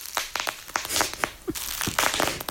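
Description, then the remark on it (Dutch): Bubble wrap being popped, a rapid irregular series of sharp snapping pops mixed with crinkling plastic, fairly loud and continuous with no talking. “Ook heel populair, het geluid van mensen die bubbeltjes plastic kapot prikken.”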